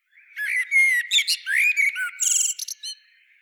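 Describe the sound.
Common blackbird song phrase: low fluted warbled notes sliding around, then a burst of high squeaky twittering notes toward the end, in one continuous three-second run.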